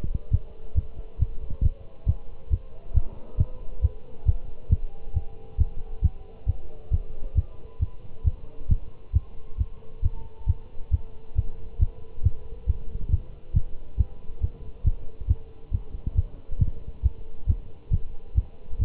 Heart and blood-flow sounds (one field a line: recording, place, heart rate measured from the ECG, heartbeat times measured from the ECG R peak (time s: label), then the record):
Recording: heart sounds by stethoscope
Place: between the tricuspid and mitral areas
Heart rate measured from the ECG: 136 bpm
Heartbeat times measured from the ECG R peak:
0.32 s: heartbeat
0.76 s: heartbeat
1.20 s: heartbeat
1.64 s: heartbeat
2.08 s: heartbeat
2.52 s: heartbeat
2.95 s: heartbeat
3.39 s: heartbeat
3.83 s: heartbeat
4.27 s: heartbeat
4.71 s: heartbeat
5.15 s: heartbeat
5.60 s: heartbeat
6.03 s: heartbeat
6.48 s: heartbeat
6.92 s: heartbeat
7.37 s: heartbeat
7.81 s: heartbeat
8.26 s: heartbeat
8.70 s: heartbeat
9.15 s: heartbeat
9.59 s: heartbeat
10.04 s: heartbeat
10.48 s: heartbeat
10.93 s: heartbeat
11.37 s: heartbeat
11.81 s: heartbeat
12.24 s: heartbeat
12.68 s: heartbeat
13.12 s: heartbeat
13.55 s: heartbeat
13.99 s: heartbeat
14.43 s: heartbeat
14.86 s: heartbeat
15.29 s: heartbeat
15.73 s: heartbeat
16.17 s: heartbeat
16.60 s: heartbeat
17.04 s: heartbeat
17.48 s: heartbeat
17.92 s: heartbeat
18.37 s: heartbeat
18.81 s: heartbeat
From the record:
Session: Bruce protocol treadmill stress test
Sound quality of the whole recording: good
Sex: male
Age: 25 years